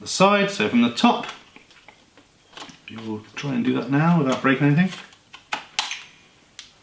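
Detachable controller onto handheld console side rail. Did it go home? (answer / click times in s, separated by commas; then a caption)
yes / 5.8 s. Someone talks, then a detachable controller is slid from the top down the side rail of a Nintendo Switch handheld console. A few light taps lead into a sharp click at 5.8 s as the controller locks onto the rail, seated with both a mechanical click and an audible click from the console itself.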